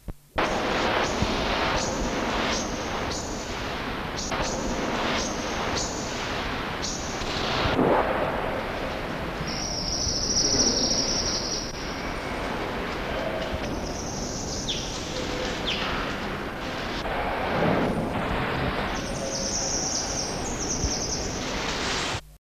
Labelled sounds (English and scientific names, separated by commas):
Southern Red Bishop (Euplectes orix) call